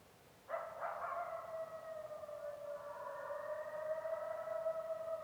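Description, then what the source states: Coyote howl: a long, steady, slightly wavering tone that starts abruptly after half a second and holds for nearly five seconds, with layered overtones and a faint hiss behind. Coyotes in Yellowstone, recorded in 2021.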